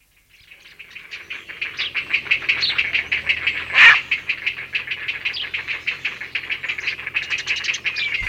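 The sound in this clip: Heron aggressive call, a grating series of quick rasping pulses that swells to a loud peak near four seconds and then continues in uneven bursts.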